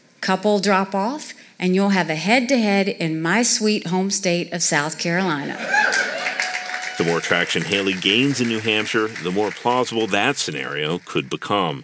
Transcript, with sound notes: Couple will drop off, and you'll have a head-to-head in my sweet home state of South Carolina.
(APPLAUSE) The more traction Haley gains in New Hampshire, the more plausible that scenario could become.